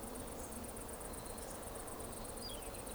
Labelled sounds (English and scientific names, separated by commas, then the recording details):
Eurasian Woodcock (Scolopax rusticola) whistle
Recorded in Baden-Württemberg, Germany, on 23 June 2020 at 20:06 UTC
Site 14569, 102 m above sea level